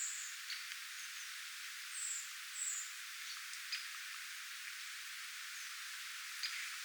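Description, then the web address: Redwing flight calls: three thin, high, slightly falling seeps in the first three seconds, then scattered soft ticks over a steady background hiss. Redwings near a bird tower, 8 September 2026. "paivat 8 9 2026 punakylkirastaita lintutornin lahella"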